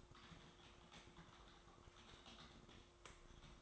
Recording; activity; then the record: daily activity, microphone in the room; typing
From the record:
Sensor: 3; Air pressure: 1004.4 hPa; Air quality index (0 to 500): 196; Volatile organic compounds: 14 ppm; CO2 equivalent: 2455 ppm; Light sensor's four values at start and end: 6/16/5/6 and 6/16/5/6